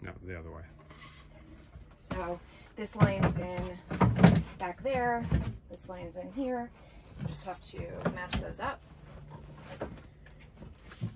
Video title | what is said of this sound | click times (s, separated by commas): This video shows some details of our camper, the OPUS Air On-road (OP100).We go setup camper | And then that clicks into place. | 9.8 s, 10.3 s